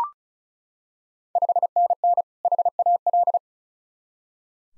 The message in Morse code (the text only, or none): 5NN HAL